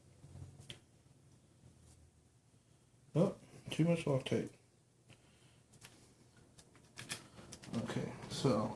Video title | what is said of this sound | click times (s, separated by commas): Rc4wd Trail finder 2 build part 4 | If you put your screw in and start giving it kind of a little push, you'll hear it click as it sets into place because that screw will drop into the first set of holes that are available. | 0.7 s